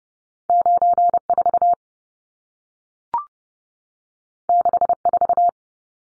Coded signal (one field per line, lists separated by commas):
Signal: Morse code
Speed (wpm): 30 wpm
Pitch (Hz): 700 Hz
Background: none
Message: 94 64